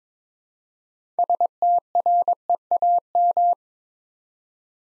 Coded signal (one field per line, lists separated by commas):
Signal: Morse code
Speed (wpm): 22 wpm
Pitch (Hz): 700 Hz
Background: none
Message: STREAM